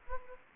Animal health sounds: mosquito wingbeat signal from an infrared sensor; Aedes aegypti

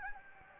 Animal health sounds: mosquito wingbeat signal from an infrared sensor; Anopheles gambiae

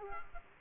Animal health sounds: mosquito wingbeat signal from an infrared sensor; Culex quinquefasciatus

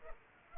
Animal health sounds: mosquito wingbeat signal from an infrared sensor; Culex pipiens

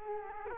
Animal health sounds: mosquito wingbeat signal from an infrared sensor; Culex quinquefasciatus

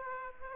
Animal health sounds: mosquito wingbeat signal from an infrared sensor; Aedes aegypti

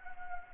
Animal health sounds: mosquito wingbeat signal from an infrared sensor; Anopheles gambiae

